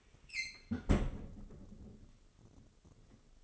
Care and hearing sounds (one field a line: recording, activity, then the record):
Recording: daily activity, microphone in the room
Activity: close fridge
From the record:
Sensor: 4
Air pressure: 996.0 hPa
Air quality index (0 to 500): 62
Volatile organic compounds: 2 ppm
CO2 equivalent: 1102 ppm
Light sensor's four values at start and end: 15/41/16/18 and 17/45/17/19